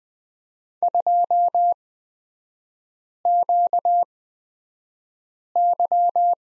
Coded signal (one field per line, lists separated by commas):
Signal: Morse code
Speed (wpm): 20 wpm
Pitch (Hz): 700 Hz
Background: none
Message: 2QY